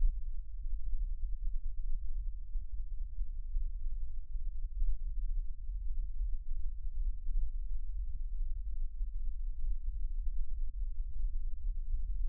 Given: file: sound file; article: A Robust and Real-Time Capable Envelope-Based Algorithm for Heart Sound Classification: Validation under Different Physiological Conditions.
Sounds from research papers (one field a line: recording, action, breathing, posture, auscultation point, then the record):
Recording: heart sounds by electronic stethoscope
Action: rest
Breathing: normal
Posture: sitting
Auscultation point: left side of the back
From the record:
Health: healthy, no known heart disease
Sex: male